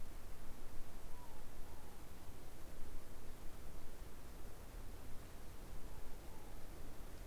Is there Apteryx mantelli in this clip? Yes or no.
no